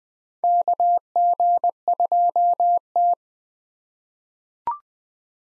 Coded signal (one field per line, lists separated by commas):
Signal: Morse code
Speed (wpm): 20 wpm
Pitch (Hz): 700 Hz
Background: none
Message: KG2T